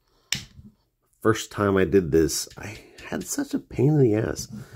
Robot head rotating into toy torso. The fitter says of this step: until it clicks into place.